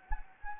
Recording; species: mosquito wingbeat signal from an infrared sensor; Anopheles gambiae